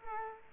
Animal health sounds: mosquito wingbeat signal from an infrared sensor; Culex quinquefasciatus

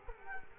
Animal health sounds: mosquito wingbeat signal from an infrared sensor; Culex quinquefasciatus

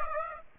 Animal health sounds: mosquito wingbeat signal from an infrared sensor; Aedes aegypti

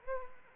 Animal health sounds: mosquito wingbeat signal from an infrared sensor; Anopheles arabiensis

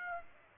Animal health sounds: mosquito wingbeat signal from an infrared sensor; Aedes aegypti

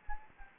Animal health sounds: mosquito wingbeat signal from an infrared sensor; Anopheles gambiae

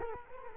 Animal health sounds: mosquito wingbeat signal from an infrared sensor; Culex quinquefasciatus

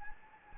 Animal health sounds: mosquito wingbeat signal from an infrared sensor; Anopheles gambiae

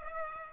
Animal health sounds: mosquito wingbeat signal from an infrared sensor; Culex pipiens

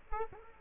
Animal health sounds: mosquito wingbeat signal from an infrared sensor; Culex quinquefasciatus

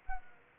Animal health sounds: mosquito wingbeat signal from an infrared sensor; Anopheles arabiensis

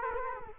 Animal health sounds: mosquito wingbeat signal from an infrared sensor; Culex quinquefasciatus

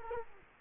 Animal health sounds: mosquito wingbeat signal from an infrared sensor; Culex quinquefasciatus

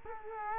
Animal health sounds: mosquito wingbeat signal from an infrared sensor; Culex quinquefasciatus

